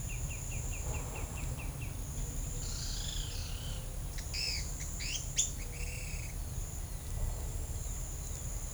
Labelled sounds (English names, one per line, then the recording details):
Scrub Greenlet
Yellow-chinned Spinetail
Pale-eyed Pygmy Tyrant
Pale-tipped Inezia
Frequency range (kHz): Scrub Greenlet 2.1-3.0 kHz; Yellow-chinned Spinetail 0.9-6.3 kHz; Pale-eyed Pygmy Tyrant 1.5-11.0 kHz; Pale-tipped Inezia 3.2-4.6 kHz
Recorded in shrubland near Pivijay, Magdalena, Colombia, on 4 June 2023 at 08:30
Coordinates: 10.453, -74.365
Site P5-G022